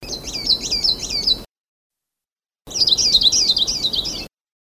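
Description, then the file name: Sulawesi leaf warbler song: two high, rapid trilled bursts of wavering notes, each roughly one and a half seconds, with silence between. "kicauan cikrak sulawesi omkicau"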